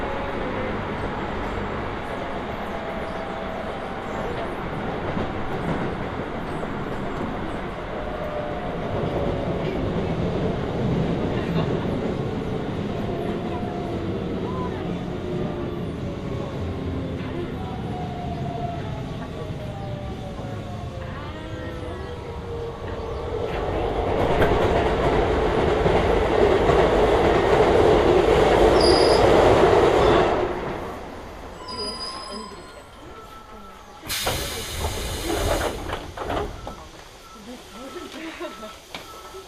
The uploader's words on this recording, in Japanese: 耳で楽しむ鉄道旅 北総鉄道→都営浅草線 東松戸→人形町。正確には京成高砂から京成本線と京成押上線を通って都営浅草線に入ります。